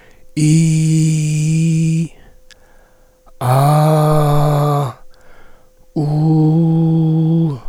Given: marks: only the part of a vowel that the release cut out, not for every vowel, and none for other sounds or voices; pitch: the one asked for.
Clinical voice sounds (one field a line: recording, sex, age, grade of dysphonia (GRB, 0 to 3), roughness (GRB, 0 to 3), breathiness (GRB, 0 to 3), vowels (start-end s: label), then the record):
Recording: sustained vowels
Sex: male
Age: 50 to 59 years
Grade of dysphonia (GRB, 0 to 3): 3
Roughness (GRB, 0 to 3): 3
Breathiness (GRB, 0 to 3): 2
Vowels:
0.66-1.95 s: vowel /i/, high pitch
3.54-4.74 s: vowel /a/, high pitch
6.17-7.43 s: vowel /u/, high pitch
From the record:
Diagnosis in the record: dysphonia, contact pachydermia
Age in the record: 53 years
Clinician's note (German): Multifaktoriell, ponogen